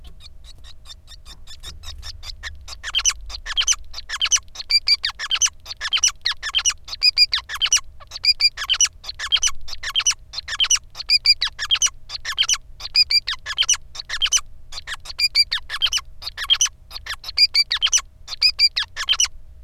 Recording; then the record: song of a male Bengalese finch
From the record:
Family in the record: son of father 5